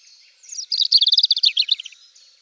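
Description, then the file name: European robin song, one short phrase of rapid, tinkling high notes, loud and even, fading at the end. "Jean Roch - Rougegorge"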